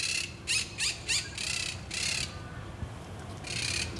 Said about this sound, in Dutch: Dus wat hij net vertelt is dat wat je hier hoort, dat is eigenlijk geen duif, maar dat is een parkiet. En die parkieten die communiceren met de duiven om te zeggen dat hier dus een roofvogel is en dat ze hier niet moeten komen.